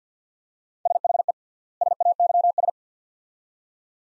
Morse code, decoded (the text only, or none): SHE SAYS